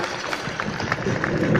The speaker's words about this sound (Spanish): Te damos un fuerte aplauso, compañeros y compañeras.